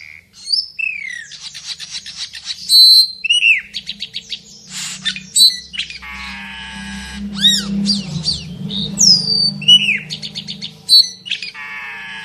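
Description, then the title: Asian glossy starling pouring out a busy, varied song of sharp whistles, downslurred notes, buzzy harsh phrases and chatter, with a steady low hum behind. Vigorous, active singing full of mimicked song fillings ('gacor full isian teler'). "Burung Cucak Keling Gacor Full Isian Teler"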